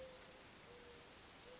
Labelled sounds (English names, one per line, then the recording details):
Mourning Dove
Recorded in Sonoma County, California